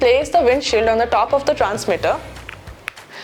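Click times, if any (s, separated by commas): 2.9 s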